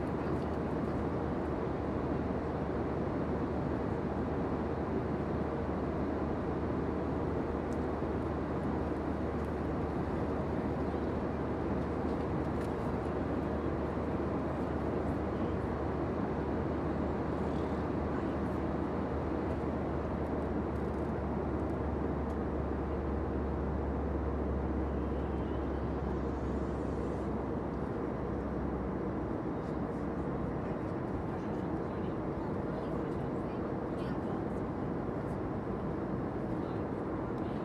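Steady cabin roar inside a plane in flight, a dense, even rumble filling the lows and mids without letup. A low hum holds underneath until about 28 seconds, then fades. A faint rising whine passes around 26 seconds, and soft murmurs of speech may sit in the background.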